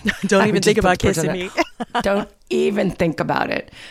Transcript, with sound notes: Don't even think about kissing me (laughter).
Don't even think about it.